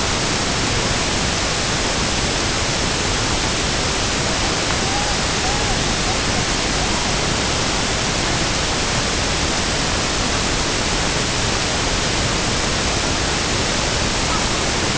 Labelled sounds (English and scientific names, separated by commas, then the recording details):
Tundra Swan (Cygnus columbianus), unidentified sound
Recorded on Arctic tundra, site UTQI-5, on 21 June 2018
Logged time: 06:00